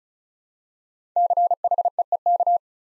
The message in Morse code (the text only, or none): CHEEK